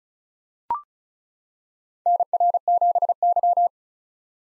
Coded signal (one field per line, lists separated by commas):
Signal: Morse code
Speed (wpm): 36 wpm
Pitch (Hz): 700 Hz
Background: none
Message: NR7Y